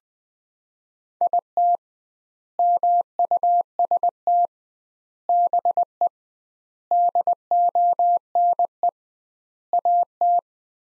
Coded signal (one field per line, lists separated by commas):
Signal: Morse code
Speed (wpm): 20 wpm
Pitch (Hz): 700 Hz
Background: none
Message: IT MUST BE DONE AT